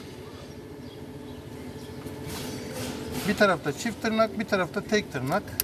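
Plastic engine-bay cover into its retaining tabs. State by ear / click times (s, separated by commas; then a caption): not seated / none. A plastic engine-bay cover is moved into position and its tabs are lined up with the retaining tabs before being pushed home. Someone talks over a low background hum, with speech becoming louder from about 3.3 s onward. Nothing has clicked or seated yet in this stretch.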